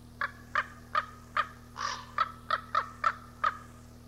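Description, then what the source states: Common raven giving short hoarse croaks in a regular series, one longer harsher note in the middle, with a steady low hum underneath. Recorded 18 April 1994.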